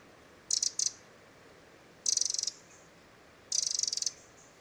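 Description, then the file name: Eurasian wren calls: a brief pair of ticks, then two longer high rattling churrs, each about half a second, separated by silent gaps. "Troglodytes troglodytes"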